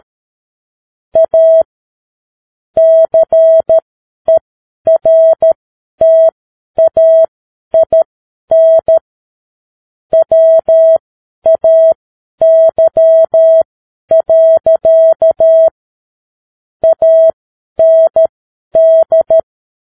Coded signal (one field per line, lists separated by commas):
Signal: Morse code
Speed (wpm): 13 wpm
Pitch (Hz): 650 Hz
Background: none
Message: A CERTAIN WAY. AND